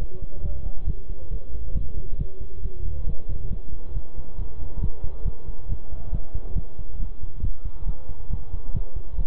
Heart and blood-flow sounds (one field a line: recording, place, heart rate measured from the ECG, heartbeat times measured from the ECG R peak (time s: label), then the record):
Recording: heart sounds by stethoscope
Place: between the tricuspid and mitral areas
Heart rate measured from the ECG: 137 bpm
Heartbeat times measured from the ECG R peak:
0.43 s: heartbeat
0.87 s: heartbeat
1.31 s: heartbeat
1.75 s: heartbeat
2.19 s: heartbeat
2.63 s: heartbeat
3.07 s: heartbeat
3.51 s: heartbeat
3.95 s: heartbeat
4.39 s: heartbeat
4.82 s: heartbeat
5.25 s: heartbeat
5.69 s: heartbeat
6.13 s: heartbeat
6.56 s: heartbeat
7.00 s: heartbeat
7.43 s: heartbeat
7.87 s: heartbeat
8.31 s: heartbeat
8.74 s: heartbeat
9.18 s: heartbeat
From the record:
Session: bicycle stress test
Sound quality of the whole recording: good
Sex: male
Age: 23 years